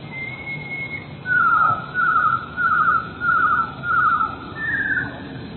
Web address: wroblowe teka 4 spiew 38. modraszkoteka